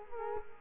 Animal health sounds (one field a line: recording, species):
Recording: mosquito wingbeat signal from an infrared sensor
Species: Culex quinquefasciatus